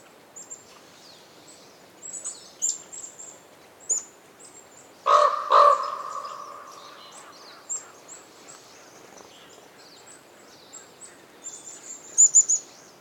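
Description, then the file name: Raven gives two harsh, ringing calls in the middle, with echoing tails, amid frequent short high chirps from small birds. Daytime winter forest in the North Laurentian Woods, Canada; raven calls reverberating, other birds chirping. "WINTER Forest day raven calls reverberating and other birds chirps with some wind, North Laurentian Woods, Canada"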